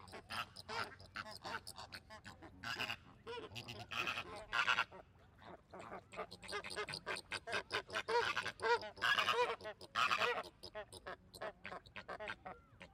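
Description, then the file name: Flamingo calls, a crowded flock of honking and gabbling birds, bursts of quick nasal notes with brief quieter gaps. Flamingos at a zoo park. "ambience park zoo flamingos"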